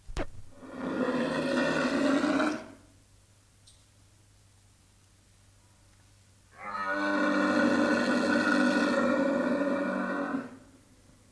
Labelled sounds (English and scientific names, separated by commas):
One-humped Camel (Camelus dromedarius)